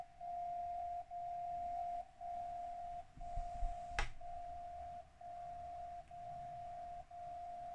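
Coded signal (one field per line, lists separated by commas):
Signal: radio time signal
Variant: DCF77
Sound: steady mid tone with short dips once per second, one click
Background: low hum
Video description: In this video, I'm receiving the time signal with Software Defined Radio from SDRPlay - RSP1A tuned to 77.5 kHz and a Tecsun MW Ferrite Antenna on the right side. (the annoying sound you hear in the background)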